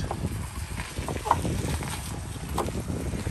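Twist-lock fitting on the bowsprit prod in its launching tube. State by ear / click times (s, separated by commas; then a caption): seated / 1.3 s. A twist-lock fitting on a sailboat's retractable carbon fiber prod/bowsprit, sitting in its launching tube, is twisted against steady wind-like background noise. A sharp click at 1.3 s marks the lock engaging, with softer knocks around 0.8 s and 2.6 s. The fitting seats and locks into place.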